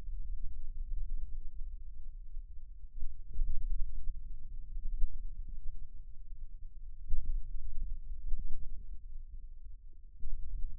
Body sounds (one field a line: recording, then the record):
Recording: forearm muscle sounds (acoustic myography)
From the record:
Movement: finger pinch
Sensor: system 2, bracelet of six BSWA MPA416 microphones around the upper forearm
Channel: 1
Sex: male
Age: 22 years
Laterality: right